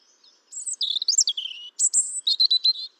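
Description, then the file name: European robin song: a rushed string of sweet, high whistles and fast descending trills, a brief pause, then more piercing notes and chattering twitters. "Erithacus rubecula"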